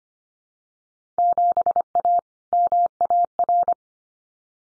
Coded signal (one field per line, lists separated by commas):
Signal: Morse code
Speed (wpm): 25 wpm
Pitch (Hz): 700 Hz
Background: none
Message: 7A MAR